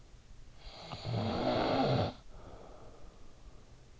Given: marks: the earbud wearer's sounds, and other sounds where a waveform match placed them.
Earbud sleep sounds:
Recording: sounds in sleep by an in-ear microphone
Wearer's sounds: snoring breath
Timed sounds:
0.19-3.67 s: snoring breath

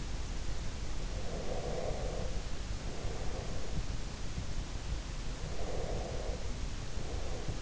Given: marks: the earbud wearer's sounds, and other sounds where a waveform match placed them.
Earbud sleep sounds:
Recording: sounds in sleep by an in-ear microphone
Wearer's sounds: breath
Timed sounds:
1.12-3.92 s: breath
5.35-7.62 s: breath

